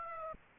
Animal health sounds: mosquito wingbeat signal from an infrared sensor; Aedes aegypti

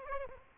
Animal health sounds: mosquito wingbeat signal from an infrared sensor; Aedes aegypti

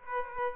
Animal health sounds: mosquito wingbeat signal from an infrared sensor; Aedes aegypti

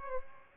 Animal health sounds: mosquito wingbeat signal from an infrared sensor; Aedes aegypti

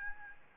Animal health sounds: mosquito wingbeat signal from an infrared sensor; Aedes albopictus

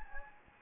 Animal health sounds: mosquito wingbeat signal from an infrared sensor; Anopheles gambiae

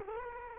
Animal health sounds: mosquito wingbeat signal from an infrared sensor; Culex quinquefasciatus

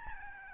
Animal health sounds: mosquito wingbeat signal from an infrared sensor; Aedes albopictus

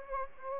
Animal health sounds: mosquito wingbeat signal from an infrared sensor; Aedes aegypti

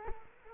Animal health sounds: mosquito wingbeat signal from an infrared sensor; Culex quinquefasciatus

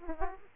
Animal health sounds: mosquito wingbeat signal from an infrared sensor; Aedes aegypti

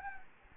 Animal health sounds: mosquito wingbeat signal from an infrared sensor; Anopheles gambiae

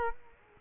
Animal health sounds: mosquito wingbeat signal from an infrared sensor; Culex quinquefasciatus

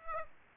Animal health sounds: mosquito wingbeat signal from an infrared sensor; Aedes aegypti

